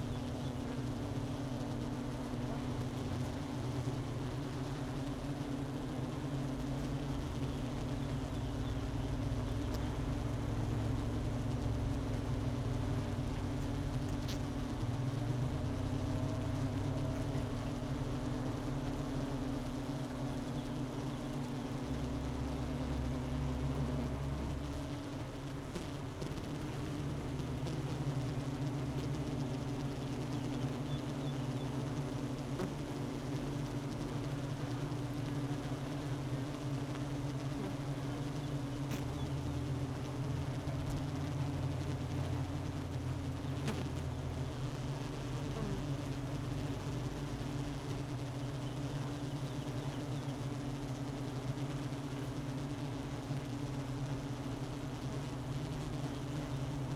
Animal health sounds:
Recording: honeybee colony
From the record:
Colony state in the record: missing queen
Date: 31 May 2018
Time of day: 11:46

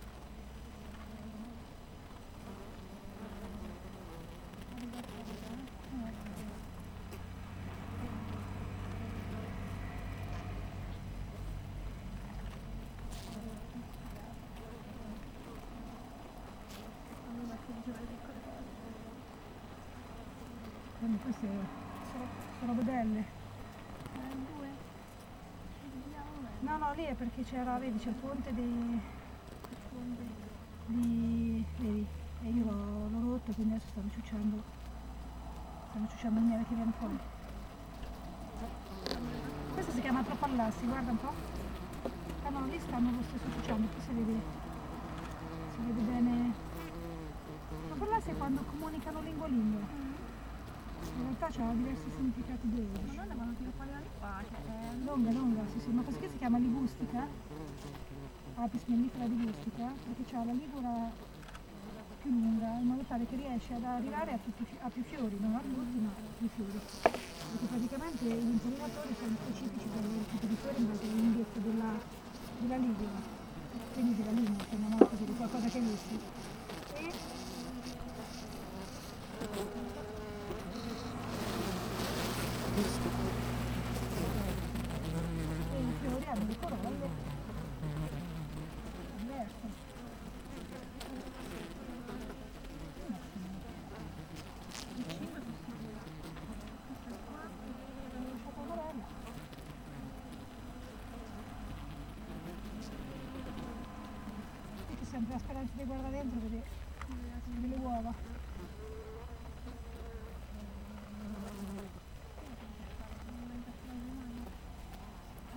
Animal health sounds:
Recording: honeybee colony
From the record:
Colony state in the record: missing queen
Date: 14 July 2017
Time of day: 7:15

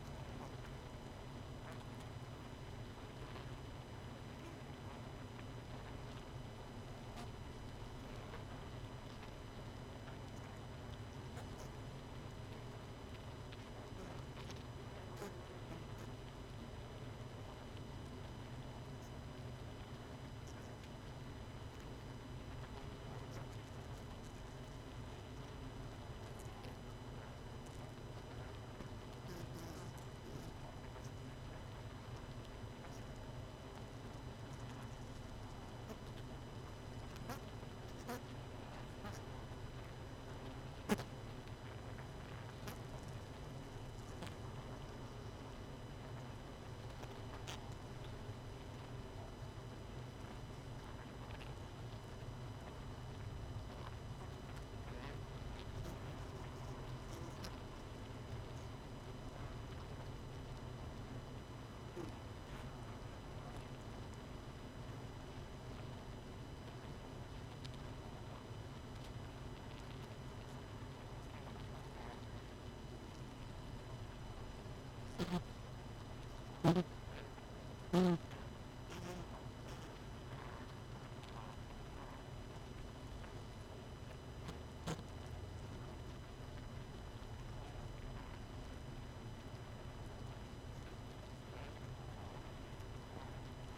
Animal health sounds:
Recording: honeybee colony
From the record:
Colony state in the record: missing queen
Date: 31 May 2018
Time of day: 21:53

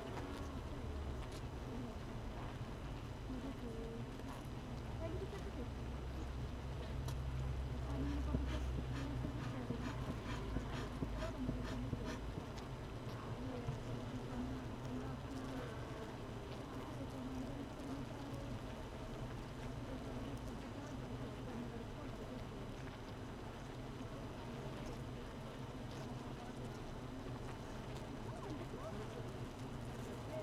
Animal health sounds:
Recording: honeybee colony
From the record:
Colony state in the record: missing queen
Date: 31 May 2018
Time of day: 16:01

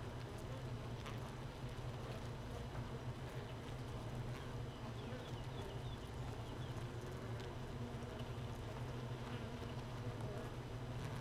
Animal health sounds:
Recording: honeybee colony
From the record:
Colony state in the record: missing queen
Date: 31 May 2018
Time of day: 15:03

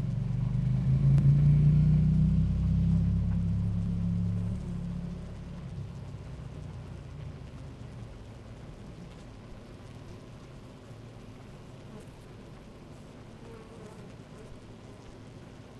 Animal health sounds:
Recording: honeybee colony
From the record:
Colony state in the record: active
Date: 28 July 2017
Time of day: 10:38

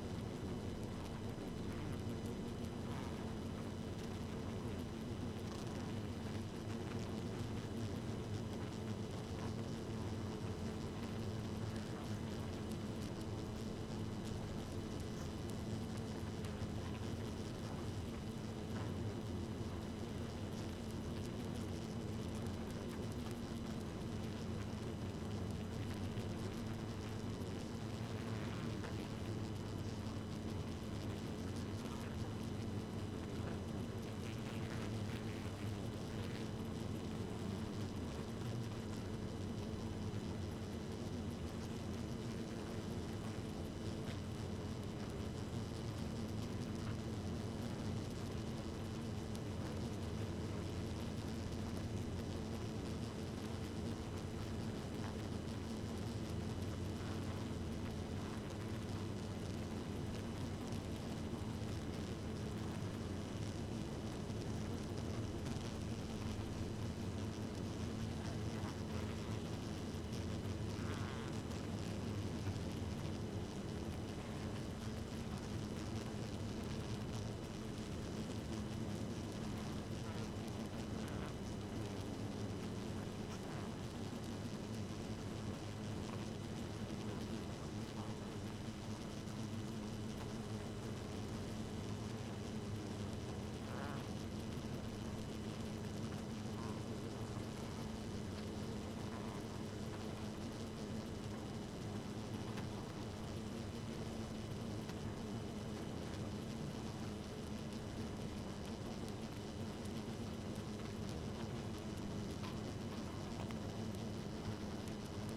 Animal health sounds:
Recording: honeybee colony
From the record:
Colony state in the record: active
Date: 12 June 2018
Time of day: 0:03

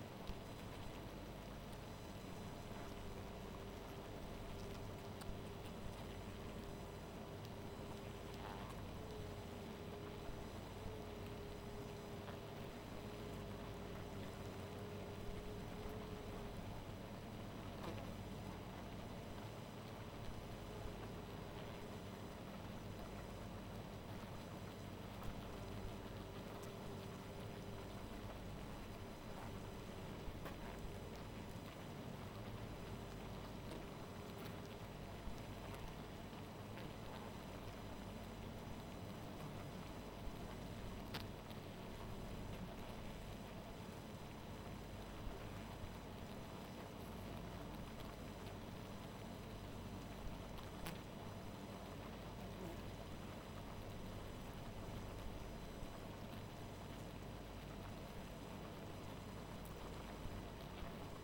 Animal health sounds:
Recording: honeybee colony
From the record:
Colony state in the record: missing queen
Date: 14 July 2017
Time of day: 0:37

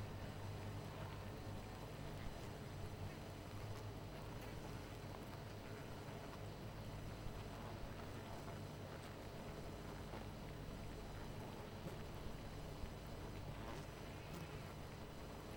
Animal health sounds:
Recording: honeybee colony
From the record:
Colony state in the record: missing queen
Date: 14 July 2017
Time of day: 19:01

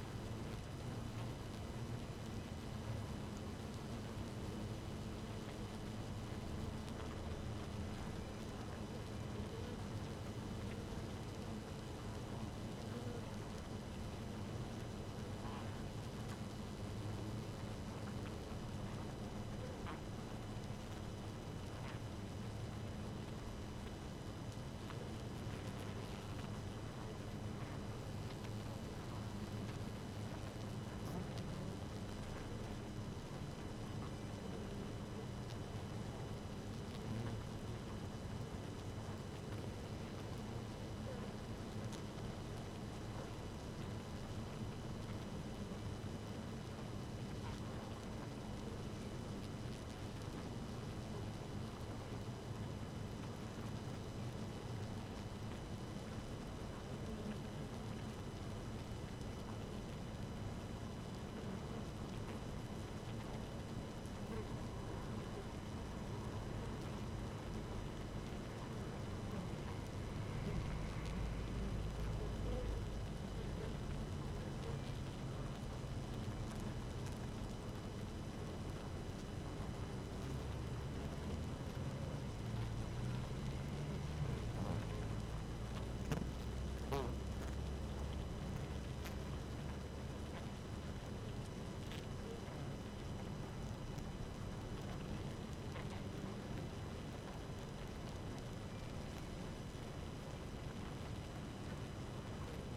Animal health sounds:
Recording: honeybee colony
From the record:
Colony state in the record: active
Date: 12 June 2018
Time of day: 5:03

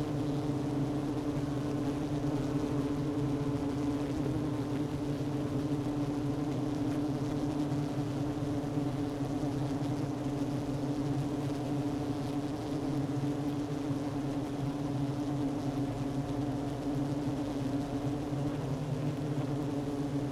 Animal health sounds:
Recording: honeybee colony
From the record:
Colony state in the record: active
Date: 12 June 2018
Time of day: 11:14

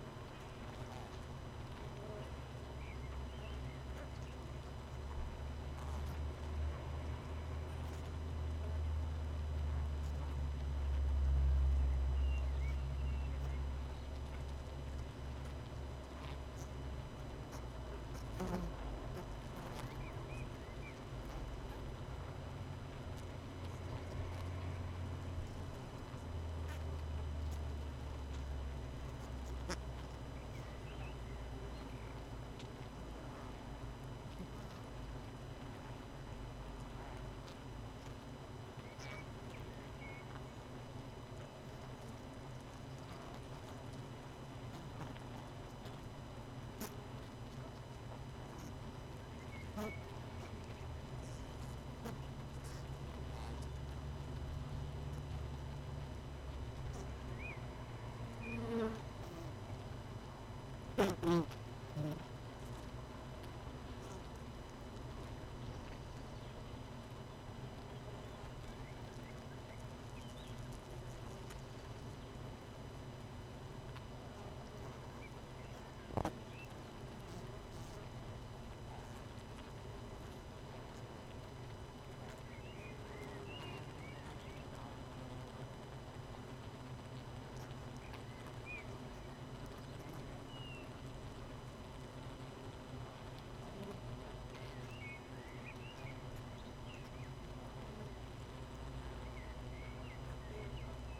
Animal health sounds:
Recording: honeybee colony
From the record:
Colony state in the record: missing queen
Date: 31 May 2018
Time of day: 18:45

